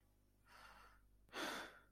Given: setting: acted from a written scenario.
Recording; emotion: vocal sound without words; relief